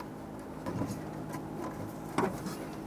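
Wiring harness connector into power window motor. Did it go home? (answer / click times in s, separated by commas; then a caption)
no / none. A plastic wiring harness connector is handled and pressed toward the power window motor inside the front door of a 2011-2019 Ford Explorer during window motor and regulator replacement. Soft rustling and handling noises sit over a low background hum, with a sharper knock near 2.2 seconds. Nothing has seated or clicked yet; the clip ends before the connector snaps home.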